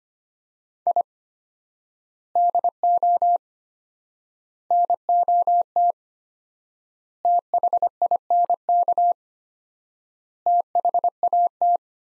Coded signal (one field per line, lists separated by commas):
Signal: Morse code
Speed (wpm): 25 wpm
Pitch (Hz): 700 Hz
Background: none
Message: I DO NOT THINK THAT